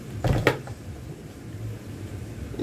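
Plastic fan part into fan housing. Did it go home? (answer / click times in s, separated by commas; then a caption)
no / none. A plastic part of a Ventisol fan assembly is pushed into the fan housing, giving a few dull plastic knocks at about 0.2, 0.5 and 0.7 s, then quiet handling noise. The part has not latched or clicked into place, because its plastic locking tabs are broken.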